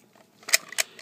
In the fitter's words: and when you push this up it's going to click and lock into place